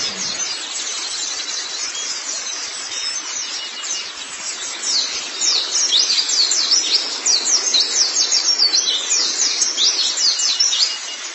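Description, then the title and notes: White-eye song: rapid, high, chattering twitters run on without pause and swell in strength after the midpoint. "Kicauan Burung Pleci Durasi Panjang. Suara kicauan burung pleci"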